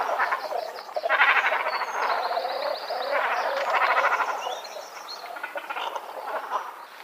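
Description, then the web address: Great cormorant guttural croaking and gargling calls, dense and continuous rasping throughout. "Schulze Peter Great Cormorant"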